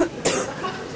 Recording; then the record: coughing mixed with background sound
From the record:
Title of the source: 34 coughing up crap again